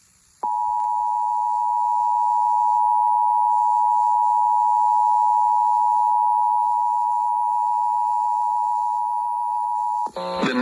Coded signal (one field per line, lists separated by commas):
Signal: Emergency Alert System (SAME) tones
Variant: 853 and 960 Hz attention tone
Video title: EAS #249 Severe Thunderstorm Warning